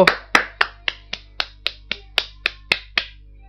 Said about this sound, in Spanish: Esto se merece un aplauso, ¡bravo!